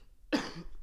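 A single short, forceful cough from an adult man who is still sick, with a throaty, slightly throat-clearing quality that fades within half a second. It is an isolated cough in a quiet indoor room.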